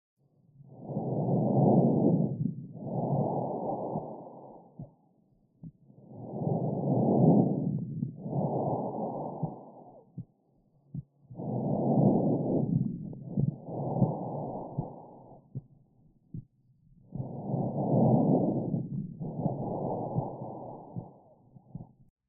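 Four slow breath cycles, about 11 a minute, each with a loud, hollow, blowing inspiration and an equally loud expiration separated by a brief pause. This is bronchial breathing: tracheal-like sounds heard over the chest when an open airway runs through consolidated lung, as in pneumonia.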